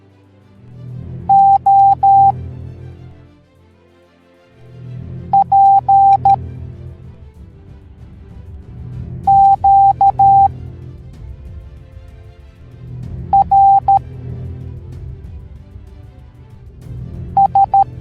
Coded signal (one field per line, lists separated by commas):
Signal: Morse code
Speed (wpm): 13 wpm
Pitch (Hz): 790 Hz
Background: music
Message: O P Q R S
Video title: The Meg Teaching the Morse Code Alphabet Educational Video for Kids